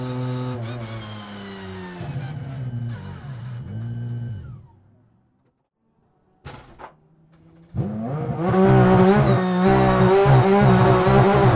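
Porsche 911 RSR engine in-car, its pitch rising and falling through gear changes in the first four seconds before dropping away to near silence. A brief clunk and short burst follow around six to seven seconds, then the engine roars back loud and rising from about eight seconds.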